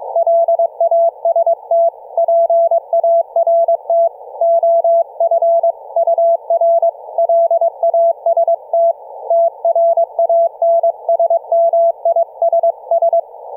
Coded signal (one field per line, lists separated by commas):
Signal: Morse code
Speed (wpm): 22 wpm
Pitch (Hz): 670 Hz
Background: none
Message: LAST PART OF UR LAST TRANSMISS